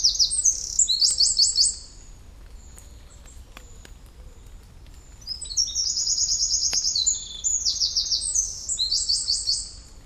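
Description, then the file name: Eurasian wren song: two loud, very high bursts of rapid trills and sharp notes, the second much longer, with faint thin whistles in the pause between. "Troglodytes troglodytes"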